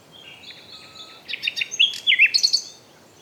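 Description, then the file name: Common nightingale song fragment: faint drawn-out whistles, followed by a quick burst of sharp, varied chirping notes. "Luscinia megarhynchos"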